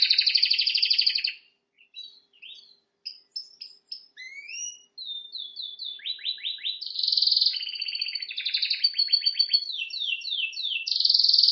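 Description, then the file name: Canary song opening with a buzzy trill, then scattered sharp chips and slurred notes building into rapid repeated rolls and trills. "Canary Voice"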